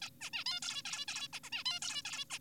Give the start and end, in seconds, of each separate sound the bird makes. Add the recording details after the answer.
0.02-0.10, 0.21-0.30, 0.33-0.44, 0.46-0.60, 0.62-0.82, 0.85-1.06, 1.08-1.28, 1.33-1.39, 1.44-1.50, 1.52-1.64, 1.66-1.80, 1.82-2.02, 2.05-2.25, 2.31-2.38. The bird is an adult. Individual g4p5U